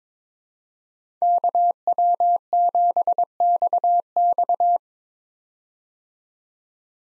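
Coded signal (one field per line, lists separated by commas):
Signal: Morse code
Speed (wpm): 22 wpm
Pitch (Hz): 700 Hz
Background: none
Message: KW7XX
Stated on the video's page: Morse head-copy drill of 5-character US call signs at 22 wpm, each sent, spoken, then sent again.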